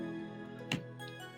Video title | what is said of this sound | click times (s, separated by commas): Google Pixel 4A 5G screen / LCD & Glass replacement DETAILED | and you feel it click in but you don't put like crazy amount of pressure where you're breaking the | 0.7 s